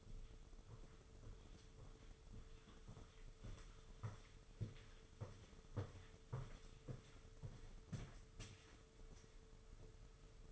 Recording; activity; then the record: daily activity, microphone in the room; walk to room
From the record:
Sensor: 4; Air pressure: 995.3 hPa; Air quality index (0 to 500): 201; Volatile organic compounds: 158 ppm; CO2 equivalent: 4056 ppm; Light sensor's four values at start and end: 25/78/29/31 and 26/81/30/32